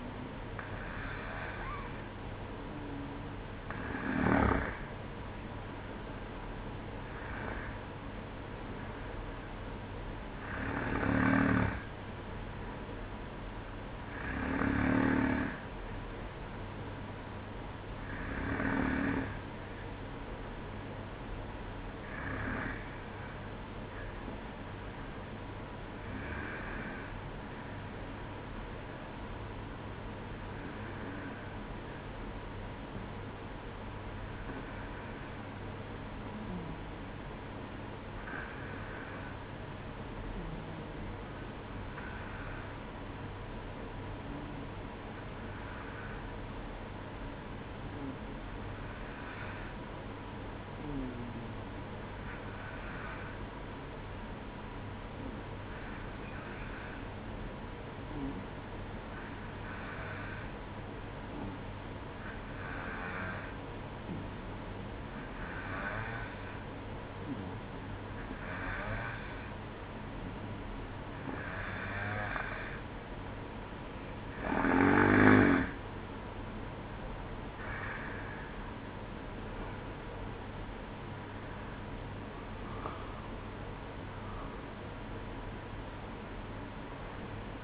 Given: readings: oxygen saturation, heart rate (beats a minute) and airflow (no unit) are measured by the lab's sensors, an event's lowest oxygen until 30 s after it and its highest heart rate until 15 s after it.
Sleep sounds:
breathing in sleep by a voice recorder at the bedside; 1
5.00-35.00 s: new sleep stage, N1 (lightest sleep)
33.00-65.90 s: hypopnea (N1, oxygen 95% highest, then 92% lowest, heart rate 58 at the start, 63 highest)
35.00-65.00 s: new sleep stage, N2 (light sleep)
65.00-87.64 s: new sleep stage, awake
70.00-87.64 s: awake
From the record:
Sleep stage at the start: N2 (light sleep); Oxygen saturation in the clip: 92 to 95%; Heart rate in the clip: 58 to 67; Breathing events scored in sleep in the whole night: 305 in 9.6 hours asleep

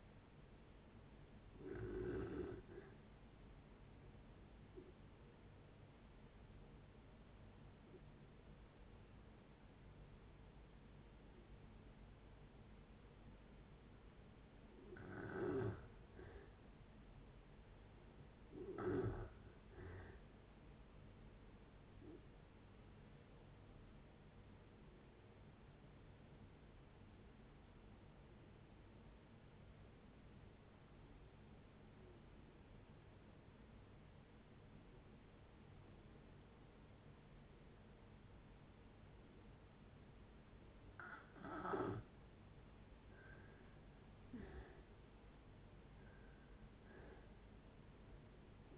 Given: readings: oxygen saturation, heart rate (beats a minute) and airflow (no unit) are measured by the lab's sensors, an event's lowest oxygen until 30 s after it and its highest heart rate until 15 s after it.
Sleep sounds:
breathing in sleep by a voice recorder at the bedside; 2
3.00-18.60 s: hypopnea (N2, oxygen 95% highest, then 88% lowest, heart rate 64 at the start, 71 highest)
23.00-42.80 s: hypopnea (N2, oxygen 95% highest, then 81% lowest)
47.00-48.78 s: new sleep stage, N1 (lightest sleep)
From the record:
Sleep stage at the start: N2 (light sleep); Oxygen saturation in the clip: 87 to 95%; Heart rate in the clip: 56 to 77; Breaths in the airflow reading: 12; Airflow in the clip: -7.4 to 7.9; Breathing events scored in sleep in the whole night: 496 in 5.4 hours asleep

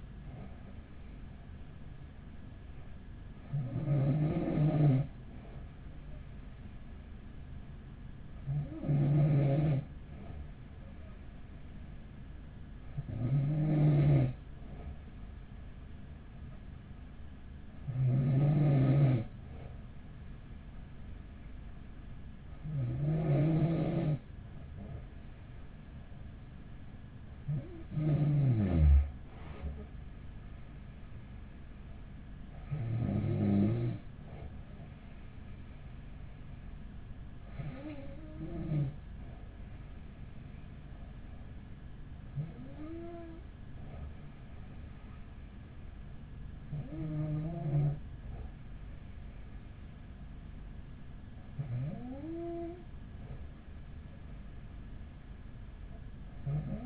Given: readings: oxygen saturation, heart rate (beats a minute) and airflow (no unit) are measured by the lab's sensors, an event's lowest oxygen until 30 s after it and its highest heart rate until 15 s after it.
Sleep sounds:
breathing in sleep by a smartphone at the bedside; none
none scored
From the record:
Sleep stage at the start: N2 (light sleep); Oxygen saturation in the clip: 94 to 95%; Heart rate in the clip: 42 to 46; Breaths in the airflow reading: 12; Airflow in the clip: -9.0 to 7.9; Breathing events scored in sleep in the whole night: 207 in 7.6 hours asleep

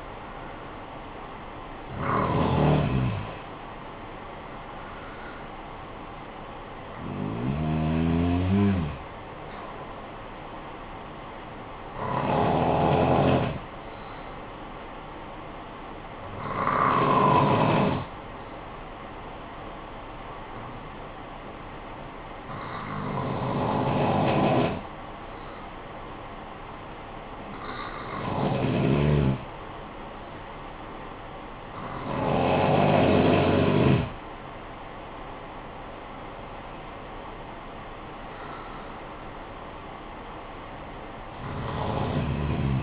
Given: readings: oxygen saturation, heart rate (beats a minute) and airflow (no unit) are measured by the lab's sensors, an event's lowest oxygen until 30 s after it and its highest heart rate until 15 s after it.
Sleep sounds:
breathing in sleep by a voice recorder at the bedside; 1
14.00-35.30 s: hypopnea (N2, oxygen 96% highest, then 93% lowest, heart rate 54 at the start, 64 highest)
From the record:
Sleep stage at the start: N2 (light sleep); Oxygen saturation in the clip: 91 to 96%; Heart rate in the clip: 54 to 67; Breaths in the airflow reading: 8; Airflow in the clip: -10.6 to 12.0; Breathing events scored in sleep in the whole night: 445 in 7.6 hours asleep

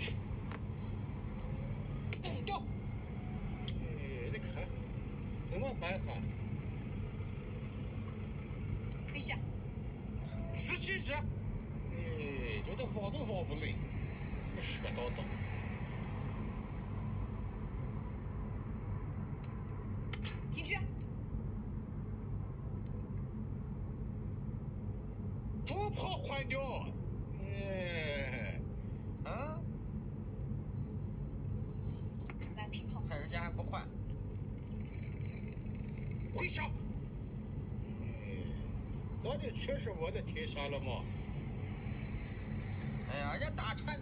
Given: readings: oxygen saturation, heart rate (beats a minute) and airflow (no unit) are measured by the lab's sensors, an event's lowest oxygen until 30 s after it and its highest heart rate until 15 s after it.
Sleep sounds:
a person awake in a sleep study, by a smartphone at the bedside; none
0.00-44.02 s: awake
From the record:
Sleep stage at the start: awake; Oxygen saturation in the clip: 95 to 96%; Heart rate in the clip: 74 to 80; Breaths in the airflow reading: 12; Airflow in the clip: -4.0 to 5.8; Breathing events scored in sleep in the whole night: 131 in 7.2 hours asleep

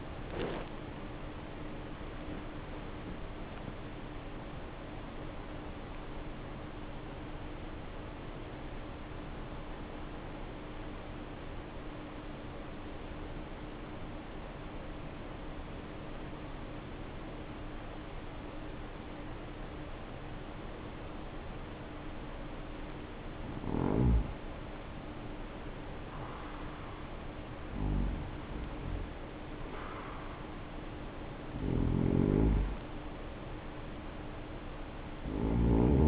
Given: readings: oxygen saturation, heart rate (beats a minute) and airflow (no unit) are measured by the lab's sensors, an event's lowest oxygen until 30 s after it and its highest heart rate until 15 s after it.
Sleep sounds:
breathing in sleep by a voice recorder at the bedside; 1
0.00-24.00 s: awake
12.00-23.30 s: obstructive apnea (scored as awake, oxygen 96% highest, then 86% lowest, heart rate 62 at the start, 66 highest)
13.00-36.08 s: new sleep stage, N1 (lightest sleep)
From the record:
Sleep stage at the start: awake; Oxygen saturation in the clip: 87 to 96%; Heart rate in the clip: 56 to 83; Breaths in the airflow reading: 7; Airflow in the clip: -6.8 to 6.8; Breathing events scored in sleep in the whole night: 520 in 7.2 hours asleep

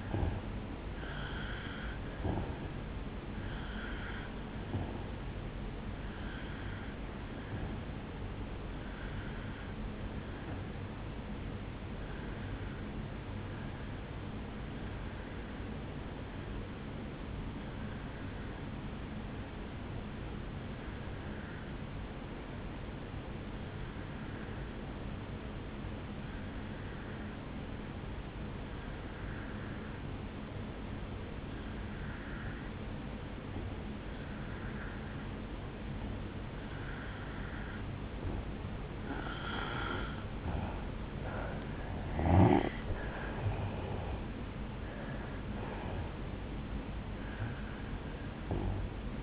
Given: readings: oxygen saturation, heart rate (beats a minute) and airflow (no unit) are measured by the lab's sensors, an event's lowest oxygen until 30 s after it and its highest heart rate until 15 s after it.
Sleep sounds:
breathing in sleep by a voice recorder at the bedside; 1
13.00-38.40 s: obstructive apnea (N1, oxygen 94% highest, then 85% lowest, heart rate 59 at the start, 76 highest)
22.00-49.23 s: new sleep stage, N2 (light sleep)
From the record:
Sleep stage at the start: N1 (lightest sleep); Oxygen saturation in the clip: 85 to 94%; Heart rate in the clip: 58 to 76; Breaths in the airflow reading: 6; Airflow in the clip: -11.5 to 8.9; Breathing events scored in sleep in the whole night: 449 in 7.0 hours asleep

